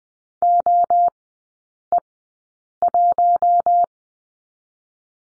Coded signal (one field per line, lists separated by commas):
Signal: Morse code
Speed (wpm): 20 wpm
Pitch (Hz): 700 Hz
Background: none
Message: OE1